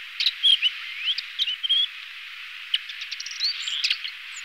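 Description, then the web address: Tiger shrike song of scratchy chatters, with a few clear whistled slurs and high thin squeaks scattered among rasping notes. "lanius tigrinus"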